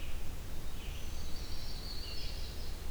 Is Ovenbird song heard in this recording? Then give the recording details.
no. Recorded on 21 June 2016 at 05:48. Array SBT-6-76